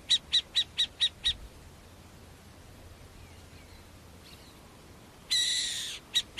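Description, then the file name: Australian masked owl calls: six short, sharp high chips in quick succession, a pause, then a harsh hissing screech under a second long, followed by two more chips. "O canto da Coruja Mascarada"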